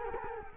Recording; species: mosquito wingbeat signal from an infrared sensor; Culex quinquefasciatus